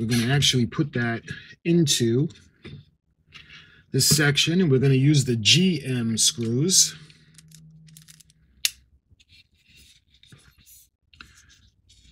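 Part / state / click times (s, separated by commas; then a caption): plastic model part into hull section / seated / 8.6 s. A plastic part of an Eaglemoss U.S.S. Enterprise NCC-1701-D model kit is pressed into its section of the primary hull, to be fastened with GM screws. Someone talks, followed by a few faint taps and then a sharp click at 8.7 seconds as the part seats in place. A few quieter handling sounds follow.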